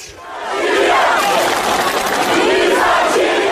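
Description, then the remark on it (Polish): A large crowd of protesters, residents of Algiers, Algeria, chants and shouts together, a loud, dense roar of many voices with rising and falling surges, sustained throughout without a break. “Ci, których państwo słyszą, to mieszkańcy Algieru, stolicy Algierii. Nie protestują przeciwko korupcji, choć korupcja w kraju jest gigantyczna.”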